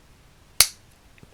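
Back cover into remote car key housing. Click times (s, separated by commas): 0.6 s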